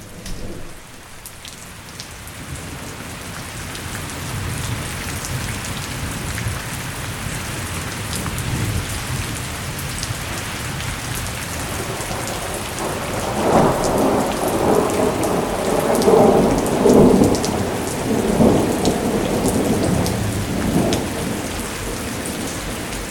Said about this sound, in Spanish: Al final, el sonido de la lluvia y de un trueno.